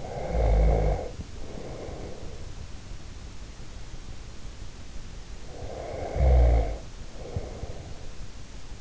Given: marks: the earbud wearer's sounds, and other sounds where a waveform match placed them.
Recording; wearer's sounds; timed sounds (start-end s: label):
sounds in sleep by an in-ear microphone; snoring breath
0.00-2.48 s: snoring breath
5.36-8.16 s: snoring breath